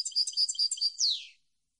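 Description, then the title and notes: European goldfinch singing a brief run of bright tinkling notes that finishes in a downward buzzy slur, then silence. Clean goldfinch song compiled on a CD, meant to be copied. "Cd Jilguero. Cd de canto de jilguero limpio para copia"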